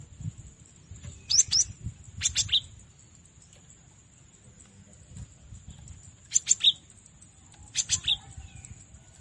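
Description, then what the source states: Cinereous tit song: short bursts of two or three sharp, high notes, given in four separated snatches over several seconds, over a faint steady high tone and low rumble. Masteran song, made to train cage birds.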